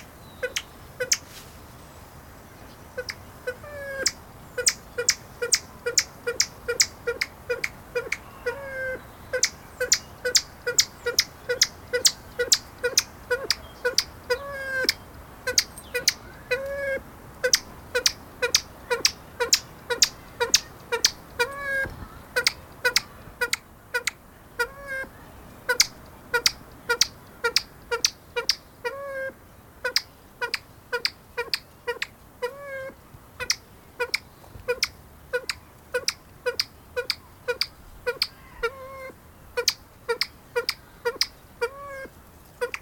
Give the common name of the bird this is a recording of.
Edwards's Pheasant